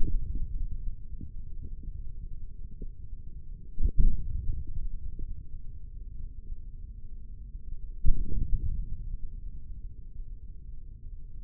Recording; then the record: forearm muscle sounds (acoustic myography)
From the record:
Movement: hand opening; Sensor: system 3, bracelet of six PUI Audio POM-2738L microphones around the upper forearm, with dedicated amplification and filtering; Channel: 6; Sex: male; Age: 55 years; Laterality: right